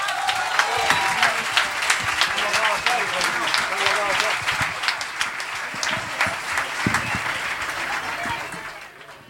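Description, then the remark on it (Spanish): An audience at a live recital breaks into steady applause for the hotel's workers, dense rapid clapping that stays loud throughout before tapering off slightly at the end. “también a los trabajadores de este hotel, que se merecen un fuerte aplauso.”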